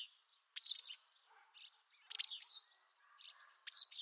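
Bird calls, a few buzzy chirps and sliding high notes in short clusters spaced under a second apart, with near silence between them.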